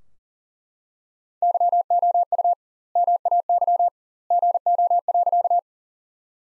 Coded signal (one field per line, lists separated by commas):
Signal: Morse code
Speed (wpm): 40 wpm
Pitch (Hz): 700 Hz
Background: none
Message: YOU MAY GO.